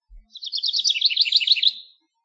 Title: House Wren